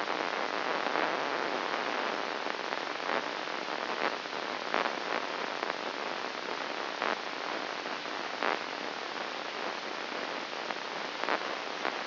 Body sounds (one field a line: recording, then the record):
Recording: brain microelectrode recording played as sound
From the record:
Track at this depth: inside the subthalamic nucleus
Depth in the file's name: 3.202 mm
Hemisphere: right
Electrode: 2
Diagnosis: Parkinson's disease